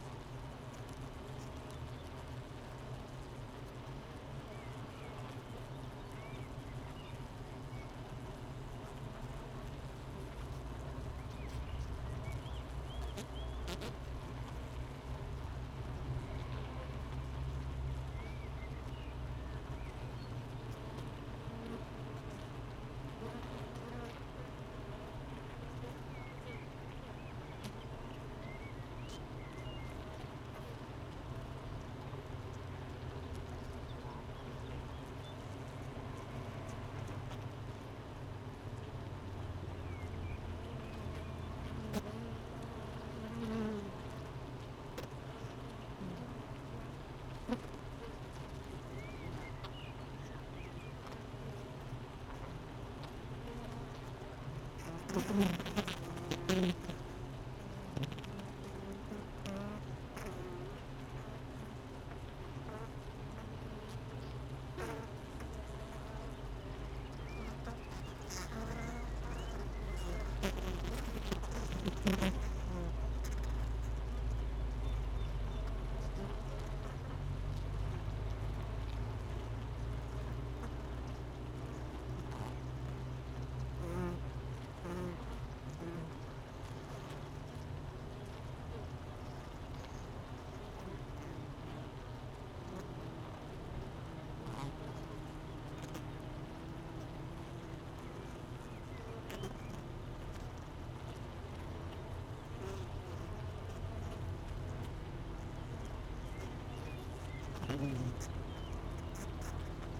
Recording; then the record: honeybee colony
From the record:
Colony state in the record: missing queen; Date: 31 May 2018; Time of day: 8:40